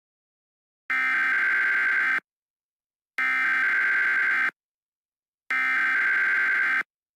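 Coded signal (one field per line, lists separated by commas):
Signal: Emergency Alert System (SAME) tones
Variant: header bursts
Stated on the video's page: Fictional EAS mock made in CapCut.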